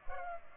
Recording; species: mosquito wingbeat signal from an infrared sensor; Culex pipiens